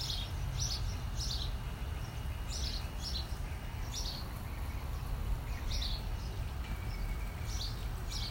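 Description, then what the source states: Bird chirps, brief high notes coming in scattered pairs and groups, with a steady low rumbling background. Birds in trees, heard from a patio while reading outdoors, Los Angeles, California, USA, 30 April 2020, 11:30, during COVID-19.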